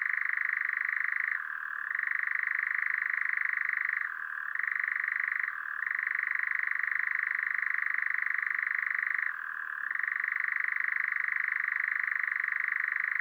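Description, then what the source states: European Nightjar churr running without a break, a dense buzzing trill that dips briefly in pitch at several moments. Newly arrived from Africa; regular, classic song; perched on a Scots pine among broom bushes; evening, 8 May 2020, La piste aux Espagnols, Drôme, France; Nagra LB, MKH40 stereo.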